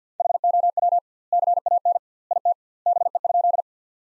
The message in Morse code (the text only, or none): HOW CAN IT BE?